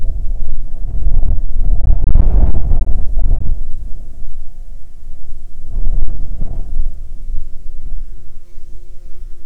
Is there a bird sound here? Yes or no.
no